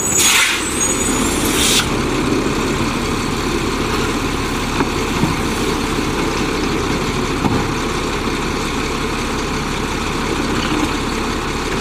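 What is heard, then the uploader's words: A garbage truck engine rumbles steadily, a dense low drone with a constant grinding texture that barely changes. Near the start, a bright hiss bursts out twice, like air brakes releasing, about a second apart. A few faint clicks follow later. Garbage Trucks.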